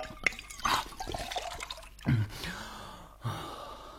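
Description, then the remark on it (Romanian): Someone drinks water from a bucket in a few gulps, with sharp gasping breaths and a soft slosh of liquid between swallows, and no talking. “Ia, mai bea o cofă cu apă.”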